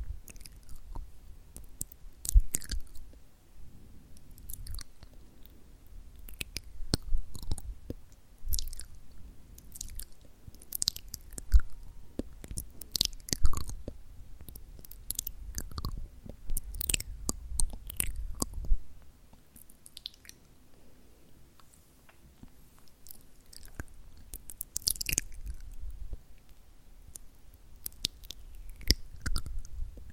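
Wet tongue and mouth sounds click, smack and flutter in quick, uneven bursts, with short runs of rapid tk-tk clicks. The sharp, bright clicks come thick through most of the thirty seconds, thinning briefly around twenty seconds before picking up again.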